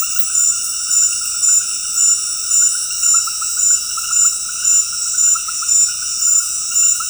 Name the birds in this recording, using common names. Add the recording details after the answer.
none. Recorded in dense forest near Puerto Asís, Putumayo, Colombia, on 21 February 2024 at 20:30. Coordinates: 0.484, -76.317. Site G6464